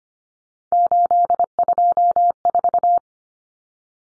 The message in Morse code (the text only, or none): 824